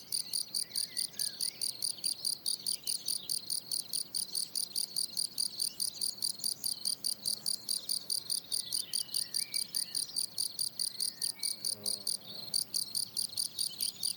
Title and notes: Observation sonore - Un grillon champêtre. 27 juin 2018, plateau de Lesches en Diois. grillons champêtres (Gryllus campestris)